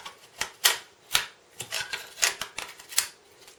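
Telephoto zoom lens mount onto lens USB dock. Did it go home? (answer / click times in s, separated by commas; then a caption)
yes / 3.0 s. A Sigma 150-600mm telephoto zoom lens, with its rear cap removed, is twisted onto the bayonet mount of a Sigma USB lens dock, attached just like a teleconverter. A series of short, sharp mount sounds comes at about 0.7, 1.2 and 2.2 s. The lens clicks into place on the dock at 3.0 s and is seated.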